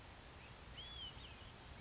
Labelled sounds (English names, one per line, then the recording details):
Olive-sided Flycatcher
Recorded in Sonoma County, California